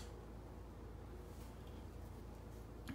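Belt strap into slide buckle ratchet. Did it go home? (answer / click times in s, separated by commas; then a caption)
yes / 2.9 s. A belt strap is slid through a metal slide-belt buckle, and the ratchet mechanism at the back catches. Low steady background noise runs throughout, then a short sharp click at 2.9 s shows the strap has seated in the ratchet.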